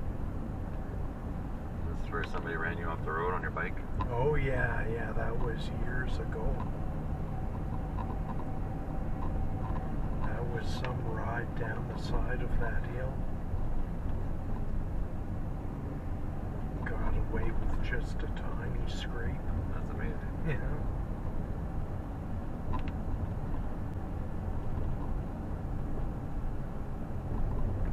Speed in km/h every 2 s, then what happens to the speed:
28, 26, 27, 28, 28, 27, 25, 22, 24, 27, 28, 28, 27, 28.
0-14 steady at about 27. 14-19 speeds up to 28. 19-28 steady at about 28.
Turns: none.